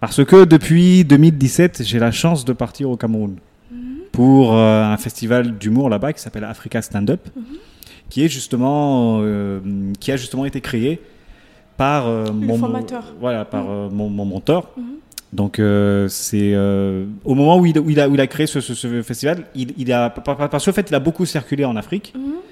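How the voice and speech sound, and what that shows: An adult man speaks French with repeated sounds, syllables and words, drawn-out fillers and long pauses, typical of stuttering.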